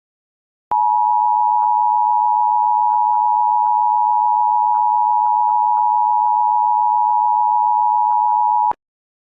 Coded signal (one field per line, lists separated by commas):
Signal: Emergency Alert System (SAME) tones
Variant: 853 and 960 Hz attention tone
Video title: A Mini EAS Scenario 2# The CaseOh Hijack